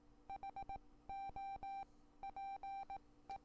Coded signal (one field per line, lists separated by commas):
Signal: Morse code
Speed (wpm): 18 wpm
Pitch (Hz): 790 Hz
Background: none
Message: HOPE